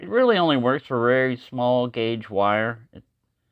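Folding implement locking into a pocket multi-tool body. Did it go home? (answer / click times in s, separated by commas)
no / none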